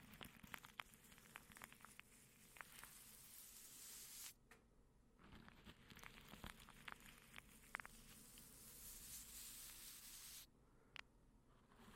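Soft crinkling of plastic wrap runs through the clip as a thin hiss with many quick, sharp ticks scattered irregularly, densest in the first four seconds. The crackle drops out briefly around four and ten seconds, leaving a low murmur underneath.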